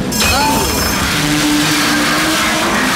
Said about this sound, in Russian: увидел, что навстречу едет трамвай.